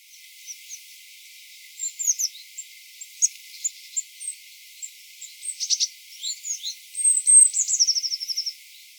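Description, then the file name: Eurasian blue tit giving scattered thin, high chips and short notes, building toward a fast, slightly falling trill of rapid repeated notes near the end. "Cyanistes caeruleus"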